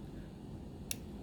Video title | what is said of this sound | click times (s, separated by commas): Rotring 800 Mechanical Pencil Review | it's set it has nice satisfying click in there and | 0.9 s